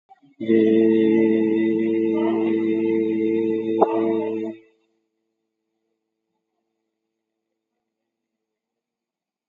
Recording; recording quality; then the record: sustained vowel as in made; excellent, no background noise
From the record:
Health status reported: COVID-19 positive, mild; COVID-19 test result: positive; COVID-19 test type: RT-PCR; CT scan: not taken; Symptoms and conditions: cough, cold, hypertension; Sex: male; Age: 56 years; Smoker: no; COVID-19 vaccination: both doses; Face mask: worn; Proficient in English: yes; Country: India